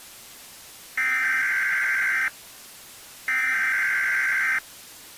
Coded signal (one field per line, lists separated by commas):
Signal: Emergency Alert System (SAME) tones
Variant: header bursts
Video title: EAS Scenario: Nuclear Missile Attack I (Part 1)